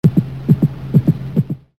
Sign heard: Heart Beat.